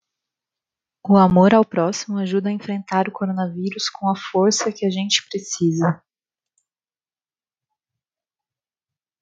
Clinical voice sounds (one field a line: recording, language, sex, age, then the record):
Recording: spoken sentence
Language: Brazilian Portuguese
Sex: female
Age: 30 to 39 years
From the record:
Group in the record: control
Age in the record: 32 years